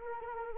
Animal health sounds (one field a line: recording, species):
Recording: mosquito wingbeat signal from an infrared sensor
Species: Anopheles arabiensis